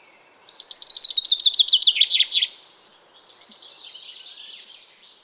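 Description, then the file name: Common chaffinch song: a bright, fast descending trill of repeated notes lasting about two seconds, followed by a fainter, softer twittering phrase. "Fringilla coelebs"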